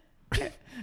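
A single sudden, explosive burst of air lasting about a fifth of a second, then a softer breathy trailing sound. It is one ordinary sneeze from an adult woman in a quiet indoor setting.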